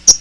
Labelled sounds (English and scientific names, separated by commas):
Hooded Warbler (Setophaga citrina) flight call